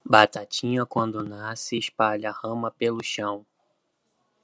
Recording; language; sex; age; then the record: short text; Brazilian Portuguese; male; 30 to 39 years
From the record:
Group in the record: control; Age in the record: 32 years